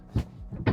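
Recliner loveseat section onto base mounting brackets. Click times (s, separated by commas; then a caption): 0.7 s. A recliner loveseat section is slid down onto two mounting brackets on its base. A low thump is heard around 0.2 s, then a sharp knock at 0.7 s as the section locks into place on the brackets.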